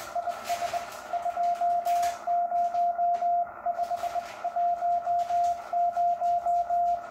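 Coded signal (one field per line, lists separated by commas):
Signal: Morse code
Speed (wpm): 22 wpm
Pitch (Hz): 700 Hz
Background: radio noise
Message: IS 20510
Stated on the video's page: Sent on a bug.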